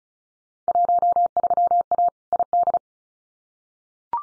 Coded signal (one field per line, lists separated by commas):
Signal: Morse code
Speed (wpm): 34 wpm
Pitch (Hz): 700 Hz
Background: none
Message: 13A ID